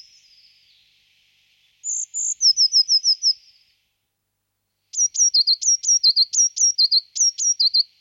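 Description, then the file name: Eurasian blue tit song: a thin high note, then a burst of clipped falling notes and, after a short pause, a longer series of repeated double notes. "Blamejse"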